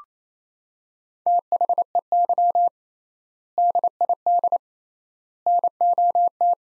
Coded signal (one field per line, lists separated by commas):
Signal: Morse code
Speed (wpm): 28 wpm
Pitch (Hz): 700 Hz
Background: none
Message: THEY DID NOT